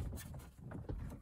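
Pressing on the second corner of a dash cluster part for a 1994-1996 Chevy Caprice/9C1 or 1994-1995 Impala SS pushes its other plastic retaining clip into the cluster housing. Over a low rumbling background, sharp snaps sound at 0.7 s and 0.9 s as the clip snaps home and seats.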